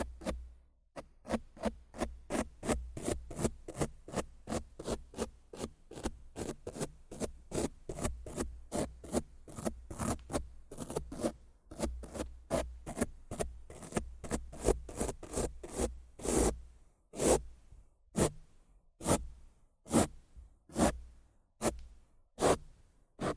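Rough scratching and brushing strokes rasp in a fast, regular rhythm, each stroke a short bright scrape with a low thump beneath. The strokes run densely for about sixteen seconds, then slow into fewer, sharper swipes with brief silences between.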